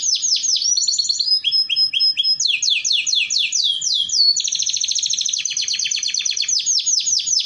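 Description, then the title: Canary song: a continuous run of fast, high trills, each phrase of rapid repeated notes shifting into the next without pause, loud and clear. Belgian canary song used to warm up, lure and train canaries, a master song for young canaries learning to sing. "Canto Para Esquentar Canário Belga. Terapi Pancingan Suara Kenari Gacor || Masteran Kenari Paud Belajar Bunyi"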